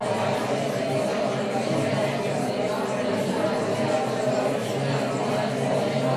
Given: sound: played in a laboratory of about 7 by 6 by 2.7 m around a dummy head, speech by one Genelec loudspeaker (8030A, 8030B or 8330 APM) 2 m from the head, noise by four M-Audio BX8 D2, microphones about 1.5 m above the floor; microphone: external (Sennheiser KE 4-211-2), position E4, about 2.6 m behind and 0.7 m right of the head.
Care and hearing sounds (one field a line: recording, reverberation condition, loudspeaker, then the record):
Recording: babble noise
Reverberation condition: medium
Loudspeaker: four, about 170 cm from the corners of the room and facing them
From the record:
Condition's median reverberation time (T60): about 510 ms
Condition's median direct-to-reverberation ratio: about -0.5 dB